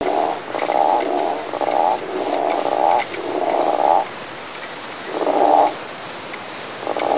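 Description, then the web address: Frog giving rasping, pulsed croaks, each under a second long, repeated with short gaps and a couple of longer pauses, over a steady high hiss. "Frosch"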